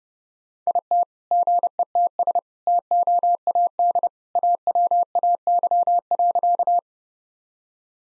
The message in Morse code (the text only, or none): IT GETS TOAD AWAY.